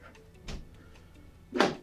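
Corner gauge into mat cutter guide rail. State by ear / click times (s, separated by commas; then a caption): seated / 1.6 s. An optional angled corner gauge is fitted into the small groove in a mount cutter's mat guide, where a small rubber stop holds it. A softer contact sound comes at about 0.5 s. A loud, sharp click at 1.6 s marks the gauge clipping into place and seating so it no longer moves.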